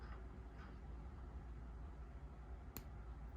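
The tongue of a box clasp with a security latch on a handmade metal chain is pushed into the clasp box and snaps closed. A single sharp click sounds at 2.8 s over a steady low background hum, and the clasp is seated.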